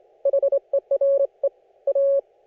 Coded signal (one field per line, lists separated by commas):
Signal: Morse code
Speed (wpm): 25 wpm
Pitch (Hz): 560 Hz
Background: none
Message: HERE A